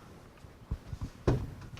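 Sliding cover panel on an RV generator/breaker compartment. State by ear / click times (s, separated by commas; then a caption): seated / 1.3 s. A sliding cover panel on an RV's generator and breaker compartment is slid across the exterior and locks in place. Soft shuffling knocks lead up to a sharp click at 1.3 s, and a second smaller hit follows at 1.8 s. The cover is seated and locked.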